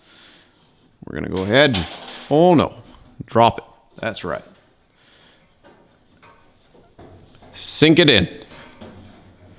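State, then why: Not seated. Someone talks while handling a small plastic D-ring wire clip that is about to be pushed into a pre-drilled hole in the panel of a Weber Spirit 315 barbecue, with a few soft knocks and handling noises between the speech. Nothing has seated or clicked yet.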